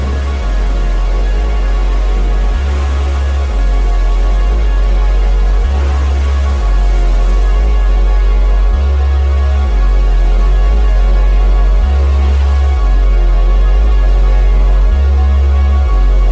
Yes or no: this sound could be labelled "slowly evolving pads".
yes